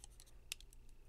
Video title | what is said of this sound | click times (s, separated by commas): Greenlight Collectibles Hitch & Tow Series 4 Set NYPD Krispy Kreme Donuts Shasta Airflyte and more! | there you go snaps right in | 0.5 s